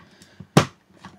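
A plastic build-a-figure part for a McFarlane Toys DC Multiverse The Suicide Squad King Shark action figure is pushed onto the figure's body. It seats with a single sharp snap at 0.6 s, surrounded by faint handling sounds. The part pops into place.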